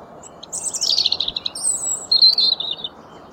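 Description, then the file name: European robin song made of thin, drawn-out high whistles and a sliding trill that descends, with steady background noise. "Erithacus rubecula"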